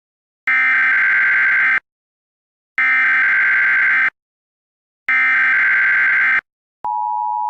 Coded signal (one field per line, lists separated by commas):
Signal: Emergency Alert System (SAME) tones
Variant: header bursts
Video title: EAS Scenario #8: Mini Scenario - 2nd 9/11 (9/11/26)